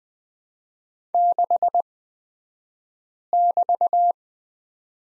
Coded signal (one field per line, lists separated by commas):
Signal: Morse code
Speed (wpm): 20 wpm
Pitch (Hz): 700 Hz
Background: none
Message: 6<BT>